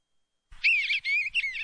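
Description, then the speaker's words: Eastern Bluebird song: after a moment of silence, a warbling whistled phrase of about three slurred notes. "That's the song of the Eastern Bluebird."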